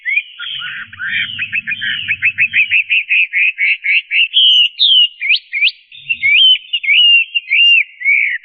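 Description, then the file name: Chinese hwamei song: a quick rattling series of short notes at first, then loud rising and falling whistled phrases, with a faint low hum early on. "audio-kicauan-burung-hwamei -omkicau"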